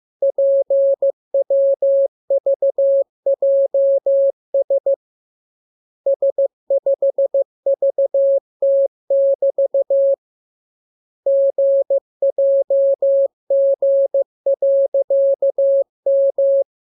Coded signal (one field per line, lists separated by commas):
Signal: Morse code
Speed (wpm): 15 wpm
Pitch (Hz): 550 Hz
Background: none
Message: PWVJS S5VT<BT> GJG.M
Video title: Learning Morse Code. Lesson 25. Letter KMURESNAPTLWI.JZ=FOY,VG5/Q